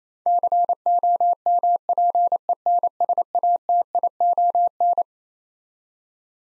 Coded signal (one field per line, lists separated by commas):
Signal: Morse code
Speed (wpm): 28 wpm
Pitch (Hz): 700 Hz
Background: none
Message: COMPENSATION